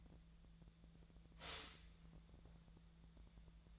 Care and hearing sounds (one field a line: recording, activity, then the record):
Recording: daily activity, microphone in the room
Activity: stop toaster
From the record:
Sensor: 3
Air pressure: 1000.2 hPa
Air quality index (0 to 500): 156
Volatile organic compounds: 3 ppm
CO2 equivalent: 1378 ppm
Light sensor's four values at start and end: 36/91/38/41 and 36/91/38/41